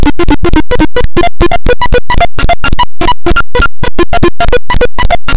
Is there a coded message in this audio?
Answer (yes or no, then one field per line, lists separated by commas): no